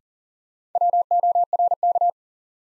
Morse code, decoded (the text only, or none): WORK